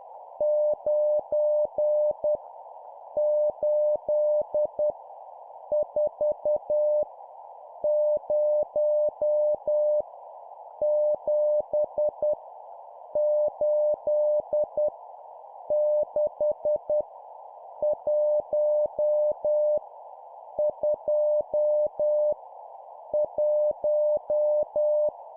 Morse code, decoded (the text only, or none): 9 8 4 0 7 8 6 1 2 1